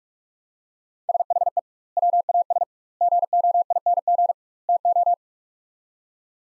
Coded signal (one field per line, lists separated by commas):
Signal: Morse code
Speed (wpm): 47 wpm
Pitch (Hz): 700 Hz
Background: none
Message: SHE WAS GOING TO